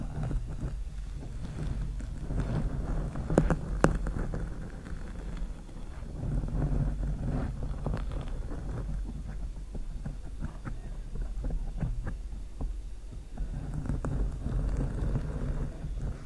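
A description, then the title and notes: Long nails scratch slowly across a microphone, making a continuous rough, low rumbling scrape with a steady level throughout. Sharper clicks and ticks poke out now and then, most noticeably around three to four seconds, with a brighter rasp returning near the end. SLOW MIC SCRATCHING W LONG NAILS.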